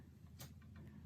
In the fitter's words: Hopefully, you can hear that. It just clicks right into the front of our carriage.